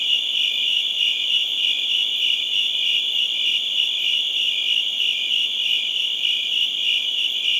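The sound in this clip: Continuous cricket chirping, a high, evenly pulsing trill from start to finish.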